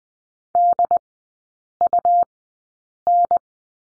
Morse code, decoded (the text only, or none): DUN